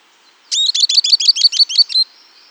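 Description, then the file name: Bird call: a rapid series of several buzzy high notes lasting under two seconds against a quiet background. "SABIOD 50 bird 2015"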